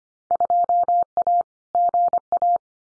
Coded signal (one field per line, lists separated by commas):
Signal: Morse code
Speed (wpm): 25 wpm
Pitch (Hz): 700 Hz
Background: none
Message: 2A GA